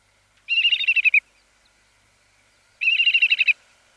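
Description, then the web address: Whimbrel calls: two rapid rippling series of about seven to nine whistled notes, each lasting under a second, separated by a pause of about one and a half seconds. "Schulze Peter Whimbrel calls"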